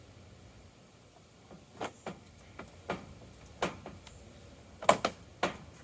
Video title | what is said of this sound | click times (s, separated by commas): Best Kids Ride On Car : Moderno Kids Jeep Trail Explorer 12V Unboxing and Assembly | just heard all of those click into place. | 4.9 s, 5.1 s, 5.4 s